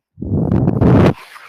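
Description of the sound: A single low, rumbling whoosh lasts about one second, then drops to a quieter steady hiss. This is a home mechanical ventilator delivering one breath, with soft machine noise between breaths.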